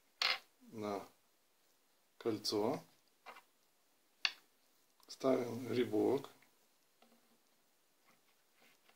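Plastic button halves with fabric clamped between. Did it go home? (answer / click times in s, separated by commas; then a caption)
yes / 4.2 s. Plastic button halves with fabric clamped between them are set over a ring and pressed together with one hand. Someone talks, and a sharp click at 4.2 s marks the halves snapping together, seating the button.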